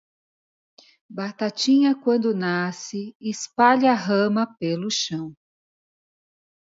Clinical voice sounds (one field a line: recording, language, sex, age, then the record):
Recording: short text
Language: Brazilian Portuguese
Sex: female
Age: 50 to 59 years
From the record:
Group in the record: control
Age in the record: 58 years